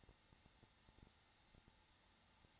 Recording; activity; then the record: daily activity, microphone in the room; no activity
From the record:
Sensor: 3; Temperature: 21.3 degrees Celsius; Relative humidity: 33.3%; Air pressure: 994.5 hPa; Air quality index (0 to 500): 168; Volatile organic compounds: 3 ppm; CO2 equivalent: 1462 ppm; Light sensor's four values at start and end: 2/3/2/2 and 2/3/2/2